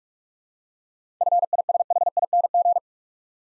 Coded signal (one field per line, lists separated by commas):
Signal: Morse code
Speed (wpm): 45 wpm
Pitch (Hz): 700 Hz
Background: none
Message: FISHING